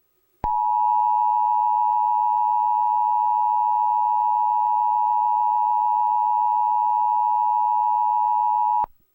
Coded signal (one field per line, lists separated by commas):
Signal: Emergency Alert System (SAME) tones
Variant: 853 and 960 Hz attention tone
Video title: DORAEMON FAKE EAS ALARM 2019 @SillyPersonThatDoesVideopasta